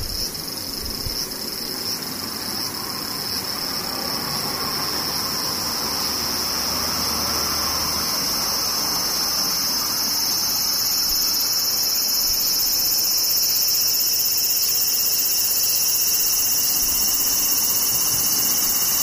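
Cicadas drone without pause, a dense, shrill buzz sitting high and bright with a second, even higher whine layered above it. The sound holds steady for the whole stretch, swelling slightly louder after the first few seconds, over a faint low rumble underneath.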